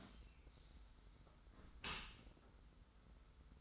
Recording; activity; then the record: daily activity, microphone in the room; close dishwasher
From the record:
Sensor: 3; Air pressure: 991.3 hPa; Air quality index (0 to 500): 138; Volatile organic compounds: 260 ppm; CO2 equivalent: 4386 ppm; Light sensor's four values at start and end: 53/144/59/52 and 53/144/59/52